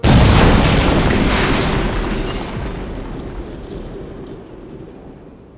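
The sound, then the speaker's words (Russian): A sudden, powerful explosion blows out windows, the blast hitting all at once and followed by several seconds of rumbling, crackling debris that slowly fades. “Чудакули успел рухнуть на пол за мгновение до того, как взрывной волной выбило окна”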